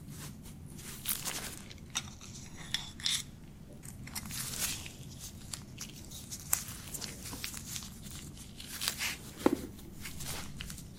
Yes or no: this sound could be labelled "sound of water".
no